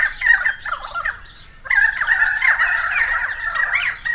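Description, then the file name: Currawongs squawk in bursts, a brief lull, then a sustained overlapping chorus of harsh and ringing notes. Several currawongs, recorded 28 May 2013. "130528 Currawongs"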